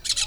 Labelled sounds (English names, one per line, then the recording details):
Brown-throated Parakeet contact call
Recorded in Venezuela
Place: Cerro Saroche, Hato Dalmatela, Edo. Lara
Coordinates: 10.149, -69.534